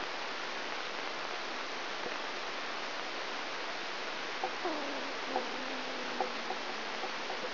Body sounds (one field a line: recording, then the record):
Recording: brain microelectrode recording played as sound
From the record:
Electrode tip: inside the subthalamic nucleus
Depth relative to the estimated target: 2.5 mm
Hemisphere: right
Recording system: AlphaMap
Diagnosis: Parkinson's disease